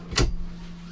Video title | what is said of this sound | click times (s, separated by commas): 2014-2015 C-class Mercedes Benz Turbo Diesel RV Tour Thor Siesta 24sr Review Video & Test Drive Blog | this just slides out of the way locks into place and then a TV secure it's really cool so | 0.2 s